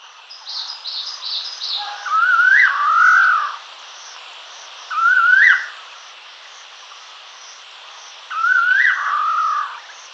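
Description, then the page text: Collared laughingthrush giving three rising whistled calls that end in a warbled drop, spaced several seconds apart, with faint higher chirps and a constant background hiss. "Collared Laughingthrush Call. Quick Sounds"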